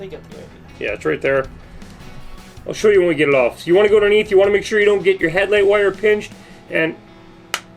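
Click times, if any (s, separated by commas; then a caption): 7.5 s. A plastic body clip under the wheel well of an Axial SCX30 Ford Bronco 1/30 scale 4x4 RTR crawler is pried up from underneath until it releases from the chassis, taking a somewhat aggressive amount of force. Someone talks through most of the clip, then a sharp snap is heard at 7.5 s as the clip pops out of the chassis.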